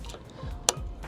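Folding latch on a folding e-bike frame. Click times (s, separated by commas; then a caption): 0.7 s. The folding latch on the frame of an ENGWE L20 2.0 electric folding bike is flipped closed while the bike is being unfolded. Against a low background rumble, a sharp, bright click lands at 0.7 s, with fainter ticks near 0.0 s and 1.0 s. The latch clicks into place and is seated.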